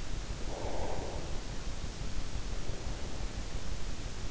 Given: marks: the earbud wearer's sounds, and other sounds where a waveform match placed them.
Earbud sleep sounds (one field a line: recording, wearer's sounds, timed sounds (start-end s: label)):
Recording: sounds in sleep by an in-ear microphone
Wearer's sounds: breath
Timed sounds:
0.08-2.51 s: breath